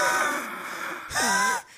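An adult imitates the breathing of shortness of breath during an asthma attack: a wheezy, effortful expiratory sound with strained, tonal breath noise.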